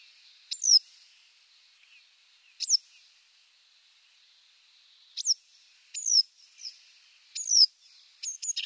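Paddyfield warbler notes, sharp high chips that drop steeply in pitch, given singly at first, then in quicker clusters toward the end, with a quiet background.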